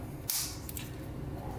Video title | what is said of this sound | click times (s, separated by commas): Note 7 Supcase Unicorn Beetle PRO vs Unicorn Beetle (Updated!) | locks into place like so and it's actually locked into place then you just take it | 0.3 s, 0.7 s, 0.8 s